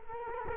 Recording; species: mosquito wingbeat signal from an infrared sensor; Culex quinquefasciatus